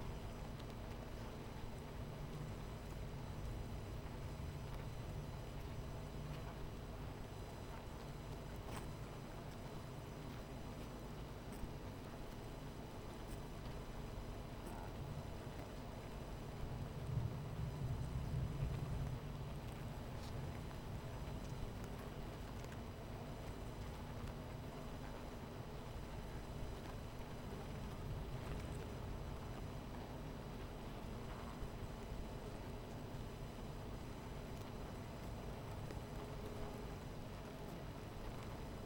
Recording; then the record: honeybee colony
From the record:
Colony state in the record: missing queen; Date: 14 July 2017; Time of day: 11:31